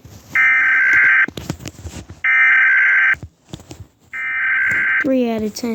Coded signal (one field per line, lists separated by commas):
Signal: Emergency Alert System (SAME) tones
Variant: header bursts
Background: speech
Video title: rating EAS alarms